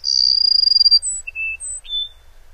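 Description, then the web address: Cassin's sparrow singing: a high, sputtering trill, then a thin, very high whistle, a lower clear note, another high whistle, and a final slurred note. North America, western species. "Songs of Birds of North America Know Your Bird Sounds. Cassins Sparrow"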